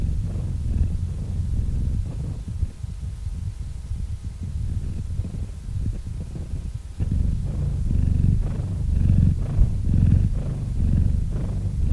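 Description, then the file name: Cat purr, a quieter uneven low rumble for the first seconds, then a stronger rhythmic purr swelling with each breath. Cat named Murchik purring into a microphone. "Kot Murchik - Murchanie kota kot murchal v mikrofon"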